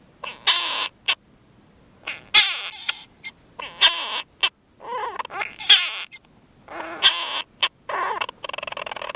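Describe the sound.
European storm petrel giving rough, nasal call bursts at irregular intervals, several short notes and longer strained phrases separated by silence.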